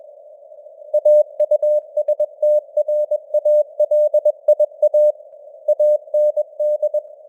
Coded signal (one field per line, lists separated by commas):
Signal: Morse code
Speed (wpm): 21 wpm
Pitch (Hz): 600 Hz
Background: none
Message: AUSTRALIA AND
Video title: Morse Code News | 2025-10-06 | 21wpm